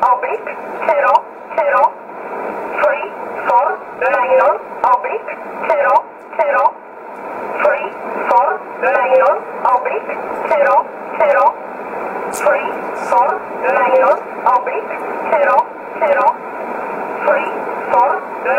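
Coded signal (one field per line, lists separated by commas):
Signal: numbers station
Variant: E11 Oblique, English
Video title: 20 05 2020 E11 Oblique Numbers station in English 0746 on 15720 unknown tx site in USB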